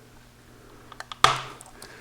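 On a BMW R1200RTW motorcycle, a tab holding the rubber accordion drive shaft boot to the final drive housing is pushed, with a few faint taps near 0.9, 1.0 and 1.1 seconds. A sharp, loud click comes at 1.2 seconds, followed by a brief fading rattle. The tab clicks free and the boot comes unhooked.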